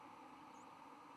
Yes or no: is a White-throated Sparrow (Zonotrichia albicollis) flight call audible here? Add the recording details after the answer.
no. Another species' flight call is heard. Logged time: 10:42 on 10 November 2014